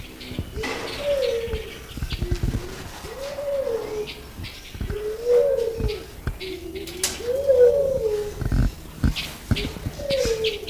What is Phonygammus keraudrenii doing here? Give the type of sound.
call